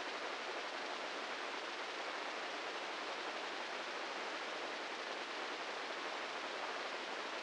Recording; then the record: brain microelectrode recording played as sound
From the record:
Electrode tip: inside the subthalamic nucleus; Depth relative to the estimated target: -2 mm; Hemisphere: right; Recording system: NeuroSet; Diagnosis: Parkinson's disease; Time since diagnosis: 15 years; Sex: male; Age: 65 years